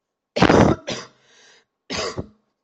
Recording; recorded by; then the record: voluntary cough; messaging app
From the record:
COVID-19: negative